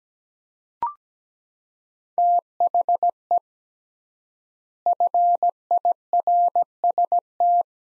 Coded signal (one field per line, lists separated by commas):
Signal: Morse code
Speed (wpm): 17 wpm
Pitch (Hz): 700 Hz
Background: none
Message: THE FIRST